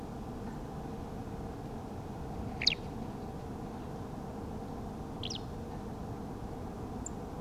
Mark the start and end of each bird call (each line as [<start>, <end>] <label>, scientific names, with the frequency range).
[0.52, 0.54] Turdus philomelos (7.1-8.3 kHz)
[2.60, 2.75] Alauda arvensis (1.5-9.5 kHz)
[5.22, 5.38] Alauda arvensis (2.0-7.0 kHz)
[7.04, 7.08] Turdus philomelos (6.7-10.1 kHz)